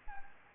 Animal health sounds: mosquito wingbeat signal from an infrared sensor; Anopheles gambiae

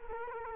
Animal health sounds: mosquito wingbeat signal from an infrared sensor; Culex quinquefasciatus

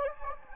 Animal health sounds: mosquito wingbeat signal from an infrared sensor; Anopheles gambiae

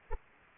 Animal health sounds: mosquito wingbeat signal from an infrared sensor; Anopheles arabiensis

